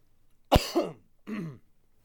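Two coughs from an adult man: a sharp explosive burst, then a softer voiced cough, in a quiet room.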